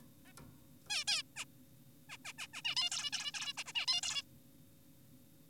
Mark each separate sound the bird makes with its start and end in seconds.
0.26-0.32, 0.89-1.04, 1.08-1.23, 1.37-1.45, 2.10-2.17, 2.25-2.33, 2.38-2.47, 2.54-2.62, 2.65-2.75, 2.77-2.90, 2.92-3.11, 3.13-3.32, 3.34-3.53, 3.58-3.64, 3.66-3.72, 3.75-3.86, 3.88-4.01, 4.03-4.22